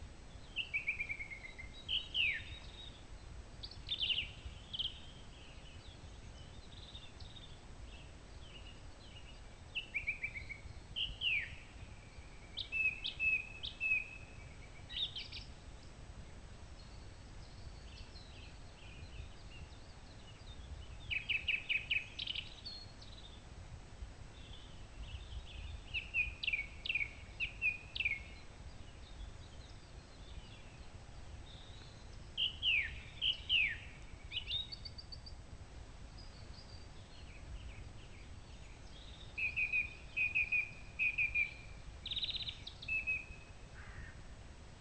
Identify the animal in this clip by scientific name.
Turdus philomelos